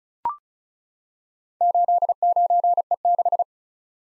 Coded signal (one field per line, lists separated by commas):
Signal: Morse code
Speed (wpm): 36 wpm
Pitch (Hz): 700 Hz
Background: none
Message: 89E6